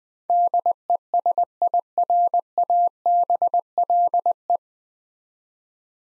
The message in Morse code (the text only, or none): DESIRABLE